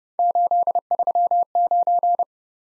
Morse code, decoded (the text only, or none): 839